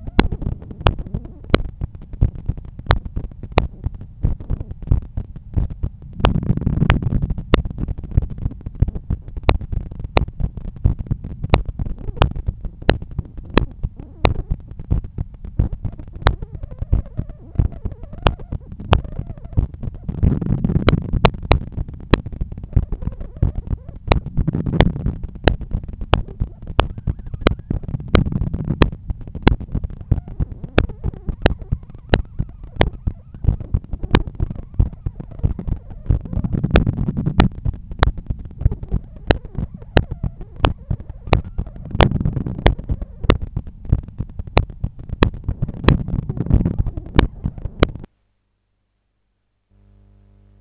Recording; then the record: heart sounds by stethoscope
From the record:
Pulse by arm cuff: 92 bpm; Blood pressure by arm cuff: 129/82 mmHg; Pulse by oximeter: 92 bpm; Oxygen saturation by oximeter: 97%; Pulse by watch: 93 bpm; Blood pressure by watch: 121/79 mmHg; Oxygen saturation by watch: 96%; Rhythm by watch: sinus rhythm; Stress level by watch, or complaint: low stress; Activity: after 5 min smoking and 1 beer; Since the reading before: plus 1000 steps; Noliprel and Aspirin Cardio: after pills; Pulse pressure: 47 mmHg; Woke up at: 7:50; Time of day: 15:08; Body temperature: 36.3 C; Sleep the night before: 7 h 52 min, score 75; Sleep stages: REM 24%, light 55%, deep 12%, awake 9%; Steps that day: 9500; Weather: sunny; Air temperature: 22.6 C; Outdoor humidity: 59%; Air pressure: 1013 hPa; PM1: 4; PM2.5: 7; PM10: 8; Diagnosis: hypertension, treated with Noliprel and Aspirin Cardio 100 mg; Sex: male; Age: 53 years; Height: 174 cm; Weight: 81 kg